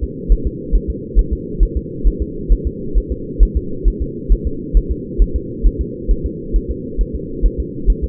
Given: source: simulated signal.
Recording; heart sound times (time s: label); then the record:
fetal heart sounds
0.04 s: S2
0.32 s: S1
0.47 s: S2
0.75 s: S1
0.90 s: S2
1.19 s: S1
1.33 s: S2
1.63 s: S1
1.77 s: S2
2.07 s: S1
2.22 s: S2
2.52 s: S1
2.67 s: S2
2.98 s: S1
3.12 s: S2
3.43 s: S1
3.57 s: S2
3.88 s: S1
4.02 s: S2
4.32 s: S1
4.47 s: S2
4.77 s: S1
4.91 s: S2
5.22 s: S1
5.36 s: S2
5.66 s: S1
5.81 s: S2
6.11 s: S1
6.26 s: S2
6.56 s: S1
6.71 s: S2
7.01 s: S1
7.15 s: S2
7.46 s: S1
7.60 s: S2
7.90 s: S1
8.04 s: S2
From the record:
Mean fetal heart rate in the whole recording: 135 bpm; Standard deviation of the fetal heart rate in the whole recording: 3 bpm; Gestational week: 36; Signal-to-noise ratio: -4.3 dB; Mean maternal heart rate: 72 bpm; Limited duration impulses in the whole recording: absent